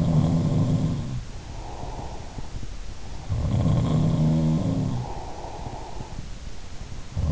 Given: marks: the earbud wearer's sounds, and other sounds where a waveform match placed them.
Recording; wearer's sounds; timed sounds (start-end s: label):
sounds in sleep by an in-ear microphone; breath
0.00-2.80 s: sound from someone else or the room
1.24-2.80 s: breath
3.02-6.25 s: sound from someone else or the room
4.65-6.25 s: breath